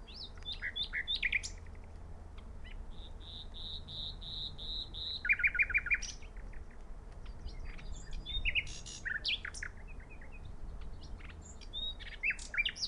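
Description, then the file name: Common nightingale song with a sustained buzzy note series, a brief loud trill and varied scattered chirps over steady low background noise. "Luscinia megarhynchos"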